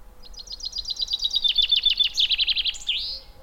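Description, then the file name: Common chaffinch song: a bright series of sharp notes lasting about three seconds, ending in a quick flourish. "Fringilla coelebs"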